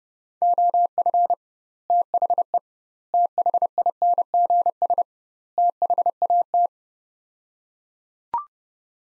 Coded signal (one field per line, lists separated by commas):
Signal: Morse code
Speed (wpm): 30 wpm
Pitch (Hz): 700 Hz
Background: none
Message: OF THE THINGS THAT